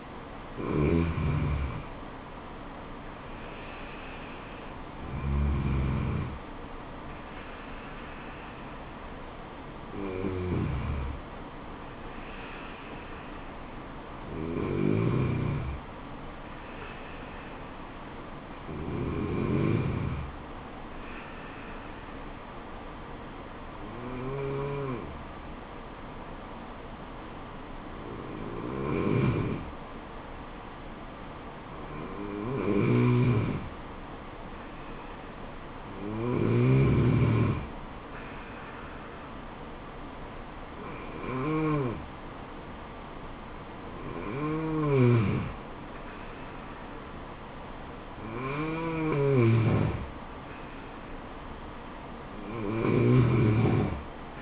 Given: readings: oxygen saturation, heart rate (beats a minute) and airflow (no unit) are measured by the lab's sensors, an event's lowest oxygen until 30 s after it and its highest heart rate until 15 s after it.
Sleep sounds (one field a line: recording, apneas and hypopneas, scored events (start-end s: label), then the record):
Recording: breathing in sleep by a voice recorder at the bedside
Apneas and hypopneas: 1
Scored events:
4.00-54.42 s: new sleep stage, N2 (light sleep)
24.00-45.30 s: hypopnea (N2, oxygen 95% highest, then 92% lowest, heart rate 72 at the start, 76 highest)
From the record:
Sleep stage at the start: N1 (lightest sleep)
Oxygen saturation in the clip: 93 to 95%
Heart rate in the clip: 67 to 81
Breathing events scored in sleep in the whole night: 426 in 7.4 hours asleep